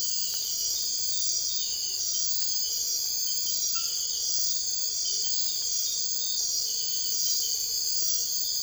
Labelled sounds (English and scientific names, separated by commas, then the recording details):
none
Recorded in dense forest near Puerto Asís, Putumayo, Colombia, on 22 December 2024 at 01:00
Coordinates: 0.482, -76.320
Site G021